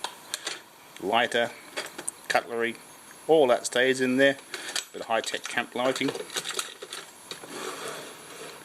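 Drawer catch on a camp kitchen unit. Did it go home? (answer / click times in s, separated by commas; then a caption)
no / none. Someone talks while handling a drawer with a small catch on a camp kitchen unit, with brief knocks and taps near the start and again around 6.6 to 7.3 seconds. The drawer catch has not clicked or seated yet by the end of the clip.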